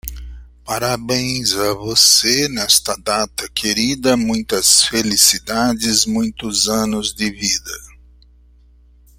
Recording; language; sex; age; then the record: short text; Brazilian Portuguese; male; 50 to 59 years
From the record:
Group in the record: control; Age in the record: 57 years